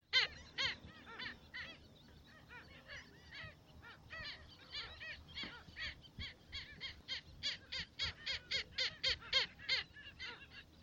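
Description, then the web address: Black skimmer calls: many short, nasal, arched yapping notes, scattered at first, then a denser, faster run of overlapping notes toward the end, with a low hum beneath. "Black skimmer. پرنده-آب-شکاف-سیاه"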